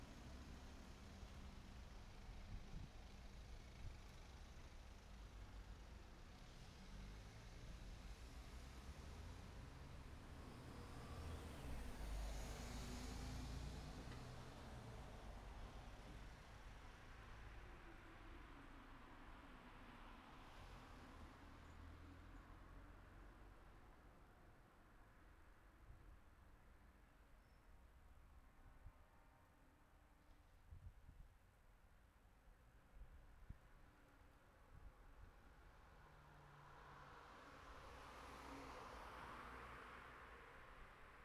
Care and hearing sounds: everyday scene through a hearing-aid microphone; in traffic; traffic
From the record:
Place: city secondary road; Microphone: behind the ear, right, rear

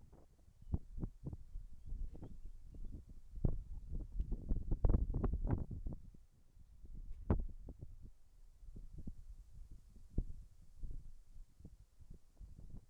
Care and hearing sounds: everyday scene through a hearing-aid microphone; wind on the microphone; wind, whistling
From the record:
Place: in front of a rural house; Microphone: behind the ear, left, front

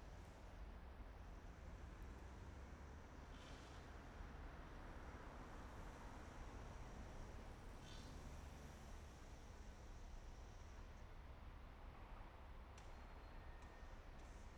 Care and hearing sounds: everyday scene through a hearing-aid microphone; in traffic; traffic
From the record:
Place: main city hub, rush hour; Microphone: behind the ear, right, front

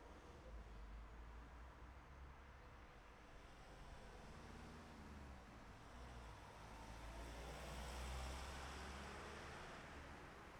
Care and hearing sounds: everyday scene through a hearing-aid microphone; in traffic; traffic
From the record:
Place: city secondary road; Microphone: behind the ear, left, front

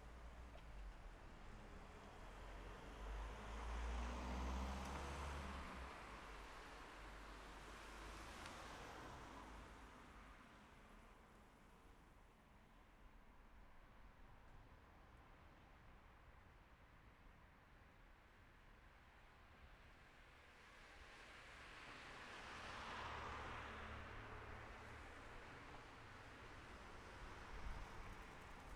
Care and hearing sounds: everyday scene through a hearing-aid microphone; in traffic; traffic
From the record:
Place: city secondary road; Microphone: behind the ear, left, rear

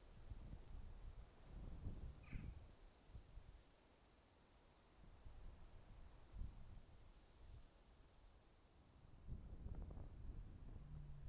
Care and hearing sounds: everyday scene through a hearing-aid microphone; wind on the microphone; wind, traffic, birds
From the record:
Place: suburban garden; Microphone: in the ear canal, right

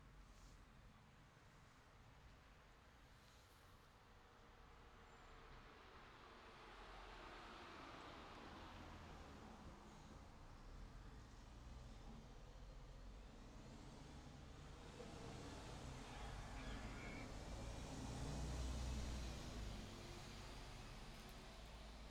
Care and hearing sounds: everyday scene through a hearing-aid microphone; in traffic; traffic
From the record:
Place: city secondary road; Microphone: in the ear canal, left

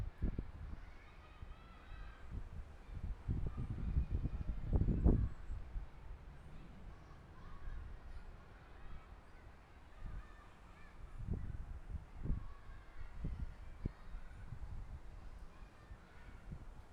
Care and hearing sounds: everyday scene through a hearing-aid microphone; wind on the microphone; gentle breeze, voices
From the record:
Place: parking lot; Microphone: behind the ear, left, rear

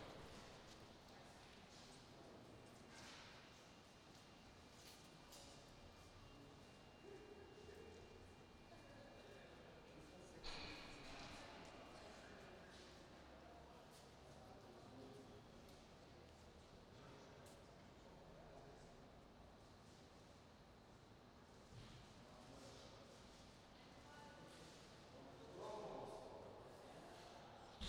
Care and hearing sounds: everyday scene through a hearing-aid microphone; reverberant space; background noise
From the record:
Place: railway station hall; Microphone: in the ear canal, right

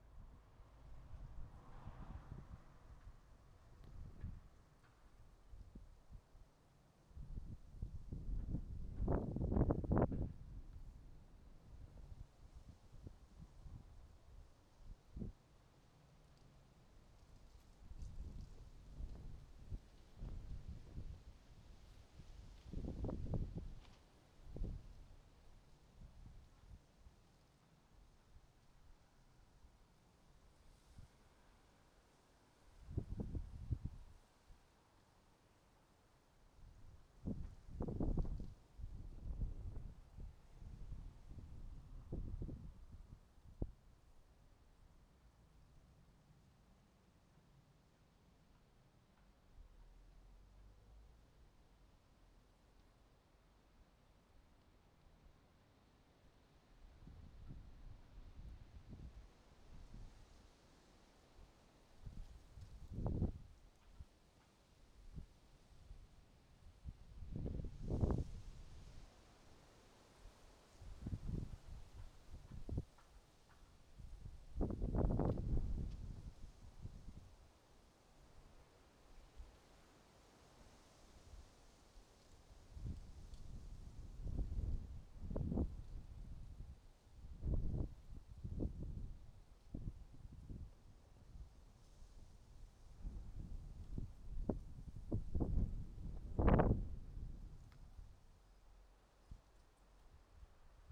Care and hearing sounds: everyday scene through a hearing-aid microphone; wind on the microphone; wind, traffic, birds, plane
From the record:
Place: suburban garden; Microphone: in the ear canal, right

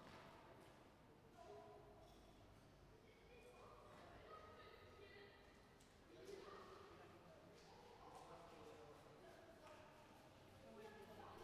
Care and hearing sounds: everyday scene through a hearing-aid microphone; reverberant space; background noise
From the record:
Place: railway station hall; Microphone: behind the ear, right, rear

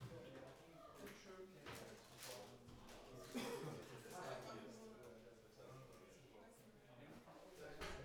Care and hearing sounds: everyday scene through a hearing-aid microphone; many people talking; many voices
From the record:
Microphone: behind the ear, left, front

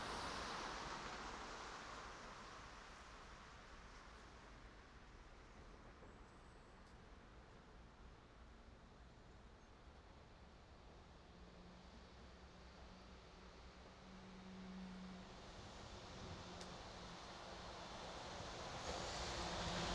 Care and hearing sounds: everyday scene through a hearing-aid microphone; in traffic; traffic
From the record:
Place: main road on the outskirts, rush hour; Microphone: in the ear canal, right

